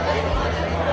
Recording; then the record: background sound without coughing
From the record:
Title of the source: CITY SOUNDS Busy Bar in the Evening Night - 2 HOURS of Ambiance for Relaxation